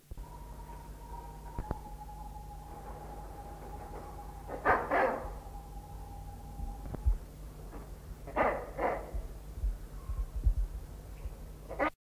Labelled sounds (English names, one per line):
Wreathed Hornbill call